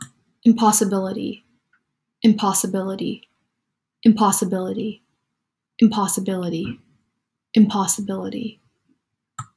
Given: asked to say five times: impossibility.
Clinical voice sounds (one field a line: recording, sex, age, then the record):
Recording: repeated word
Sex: female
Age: 20 to 29 years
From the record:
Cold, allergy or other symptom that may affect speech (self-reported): no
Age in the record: 22 years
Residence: Washington, United States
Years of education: 16